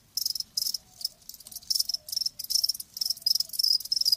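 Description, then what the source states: Crickets giving bright, high chirps, roughly two to three per second. Live crickets chirping.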